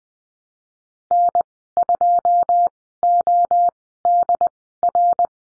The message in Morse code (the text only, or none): N2ODR